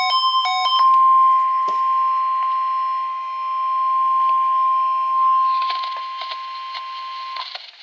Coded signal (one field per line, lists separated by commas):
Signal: Emergency Alert System (SAME) tones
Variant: 1050 Hz attention tone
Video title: EAS #6 - Required Weekly Test on KZZ33